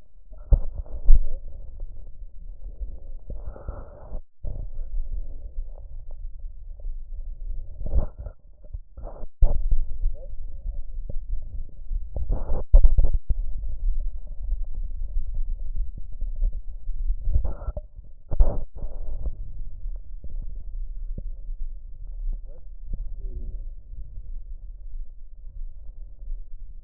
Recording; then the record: lung sounds by stethoscope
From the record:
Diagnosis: emphysema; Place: left posterior upper chest